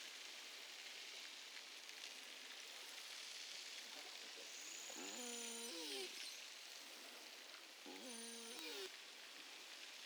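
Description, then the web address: Beluga calling in two short harmonic bursts about three seconds apart, with a brief high thin whistle just before the first, over constant hiss. Recorded in northern Baffin Bay on 6 August 2015 at 21:36 UTC with an AMAR acoustic recorder. "BELUGA figures Baffin north"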